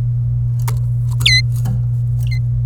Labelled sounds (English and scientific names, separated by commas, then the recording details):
Domestic Canary (Serinus canaria) song
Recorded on 27 April 2018 at 15:41
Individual llb3